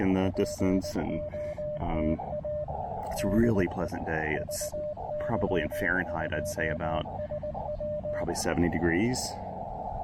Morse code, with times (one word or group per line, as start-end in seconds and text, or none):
0.2-2.6 POTA
3.2-3.9 DE
4.4-8.3 VY2SW